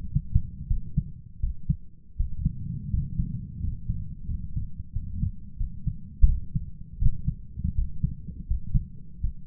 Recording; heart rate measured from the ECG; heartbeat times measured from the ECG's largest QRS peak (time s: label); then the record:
heart sounds by stethoscope; 84 bpm
0.67 s: heartbeat
1.39 s: heartbeat
2.16 s: heartbeat
2.89 s: heartbeat
3.60 s: heartbeat
4.27 s: heartbeat
4.92 s: heartbeat
5.57 s: heartbeat
6.25 s: heartbeat
6.98 s: heartbeat
7.74 s: heartbeat
8.46 s: heartbeat
9.20 s: heartbeat
From the record:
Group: healthy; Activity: rest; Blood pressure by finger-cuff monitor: 91/63 mmHg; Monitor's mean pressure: 71 mmHg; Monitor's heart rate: 82 bpm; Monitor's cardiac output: 7.2 L/min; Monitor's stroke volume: 87 mL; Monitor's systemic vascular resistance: 620 dyn s/cm5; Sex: male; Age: 23 years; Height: 178 cm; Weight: 96.6 kg